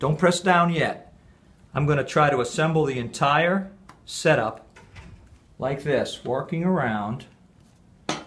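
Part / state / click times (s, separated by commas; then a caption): frame part into a positioning guide / seated / 8.1 s. A frame part is placed into a plastic positioning guide during frame assembly while someone talks, and it snaps into the guide with a sharp click at 8.1 s. The part is seated in the guide.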